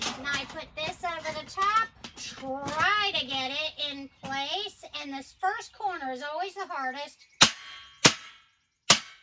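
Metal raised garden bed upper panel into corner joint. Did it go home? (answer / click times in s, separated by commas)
yes / 7.4 s, 8.1 s, 8.9 s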